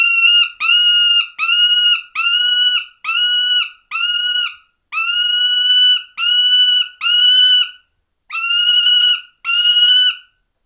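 Falcon calling with a series of harsh, nasal, level wails, each under a second long, repeated about every second in a steady run.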